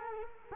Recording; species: mosquito wingbeat signal from an infrared sensor; Culex quinquefasciatus